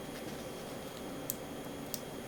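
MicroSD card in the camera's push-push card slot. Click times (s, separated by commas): 1.3 s, 1.9 s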